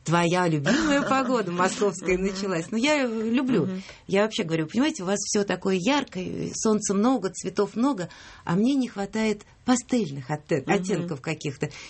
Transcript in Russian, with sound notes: «Твоя любимая погода московская началась». (смех) Ну, я люблю… Я вообще говорю: понимаете, у вас все такое яркое, солнца много, цветов много, а мне не хватает пастельных оттенков каких-то.